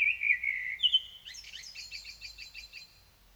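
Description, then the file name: Common blackbird song phrase: a brief low fluted opening, then a rapid run of several high, scratchy twittered notes. "Turdus merula"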